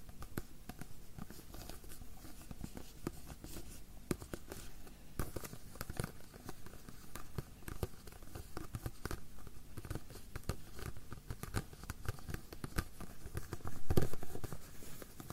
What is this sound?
Whispered Nail Tapping